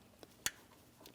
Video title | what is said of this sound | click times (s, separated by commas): How to Replace Alternator 2007-2014 Ford Edge 3.5L | Audible click from that. It's secure. | 0.5 s